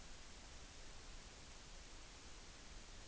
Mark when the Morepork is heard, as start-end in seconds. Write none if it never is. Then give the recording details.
none. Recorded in New Zealand on 14 June 2013. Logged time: 02:27. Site Ponui